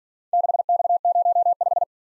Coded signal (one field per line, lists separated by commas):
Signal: Morse code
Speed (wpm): 48 wpm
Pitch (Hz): 700 Hz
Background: none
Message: 6X05